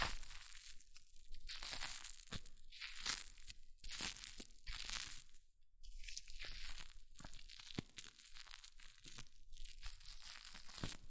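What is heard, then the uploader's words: Crackling fizz of hair mousse, a dense spray of tiny bright pops that swells and fades in repeated waves about every second or so. The sound is sharp and high with little low end, briefly quieting near the middle. ASMR Extreme Fizzing Tingles Hair Mousse Sounds(No Talking).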